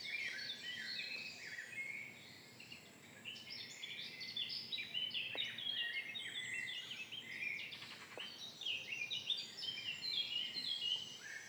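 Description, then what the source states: Birds in a dense dawn chorus, many high chirps, trills and whistles overlapping continuously, with a couple of sharp clicks in the middle. Birds singing at dawn in front of the entrance of the abandoned Hennocque quarries, Méry-sur-Oise, France.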